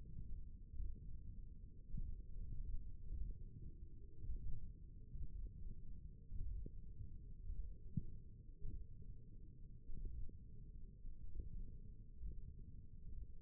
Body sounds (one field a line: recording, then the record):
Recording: forearm muscle sounds (acoustic myography)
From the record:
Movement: index flexion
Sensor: system 1, eight BSWA MPA416 microphones around the upper forearm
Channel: 1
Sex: female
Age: 21 years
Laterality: right